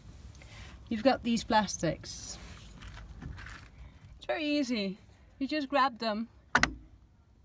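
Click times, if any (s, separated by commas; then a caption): 6.6 s. Someone talks while grabbing a plastic trim cover over a seat mounting in an NV200 van and pulling it upward by hand. Its little clips, which are not tight, release with sharp clicks at 6.6 s and 6.6 s, and the cover comes off.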